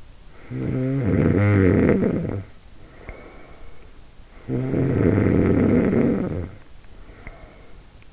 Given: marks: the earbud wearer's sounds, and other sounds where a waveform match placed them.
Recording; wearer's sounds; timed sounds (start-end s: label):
sounds in sleep by an in-ear microphone; snoring breath
0.30-4.13 s: snoring breath
4.36-8.13 s: snoring breath